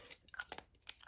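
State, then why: Not seated. A plastic cap is pushed onto the back end of the barrel of a Ferris Wheel Press Carousel fountain pen to post it, giving a few short rubbing and tapping sounds. The cap feels like it should click but doesn't quite, so nothing clicks, and the posted cap does not sit securely.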